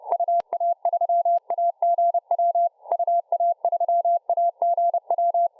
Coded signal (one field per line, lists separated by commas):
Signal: Morse code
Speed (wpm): 30 wpm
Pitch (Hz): 690 Hz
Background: none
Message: UA3AGW UA3AGW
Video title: Декодируем Азбуку Морзе, Decode Morse code - радиосвязь, CQ, SDR